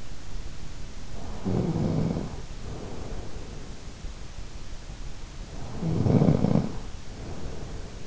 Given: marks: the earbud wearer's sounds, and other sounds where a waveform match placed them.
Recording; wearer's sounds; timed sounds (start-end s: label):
sounds in sleep by an in-ear microphone; snoring breath
1.21-3.94 s: snoring breath
5.75-8.07 s: snoring breath